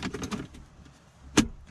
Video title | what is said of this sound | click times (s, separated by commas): 2022 Toyota Tundra Center Console Disassembly/Rear Console USB Port Install. | just like that snap in | 1.4 s